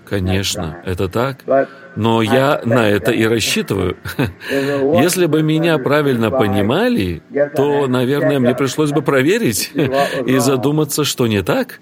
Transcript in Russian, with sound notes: — Конечно. Это так. Но я на это и рассчитываю. [Брат Бранхам посмеивается—Ред.] Если бы меня правильно понимали, то, наверное, мне пришлось бы проверить и задуматься, что не так.